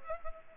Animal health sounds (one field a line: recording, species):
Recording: mosquito wingbeat signal from an infrared sensor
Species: Culex pipiens